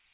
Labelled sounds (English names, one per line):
Magnolia Warbler flight call